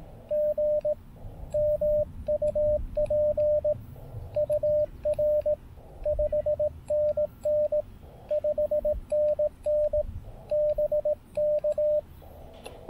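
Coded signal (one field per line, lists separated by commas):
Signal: Morse code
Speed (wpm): 18 wpm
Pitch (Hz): 600 Hz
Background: radio noise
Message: GM UP UR 5NN 5NN BK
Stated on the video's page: CW at 5 and 100 watts on a park activation at Fish Creek Provincial Park, amid variable solar conditions.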